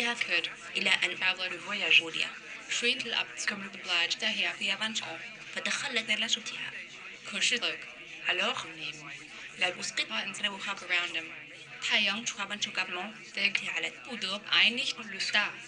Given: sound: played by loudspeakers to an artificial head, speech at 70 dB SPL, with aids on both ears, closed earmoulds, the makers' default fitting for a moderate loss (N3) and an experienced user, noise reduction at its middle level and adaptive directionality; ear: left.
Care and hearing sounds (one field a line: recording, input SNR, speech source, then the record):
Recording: speech test signal (ISTS) in cocktail-party noise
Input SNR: +9 dB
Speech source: in front (0 degrees)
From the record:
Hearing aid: class 2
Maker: G